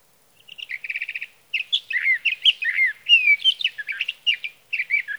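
Sage thrasher song opens with a quick rattling series of repeated notes, then flows into a rapid, varied warble of slurred phrases with short gaps.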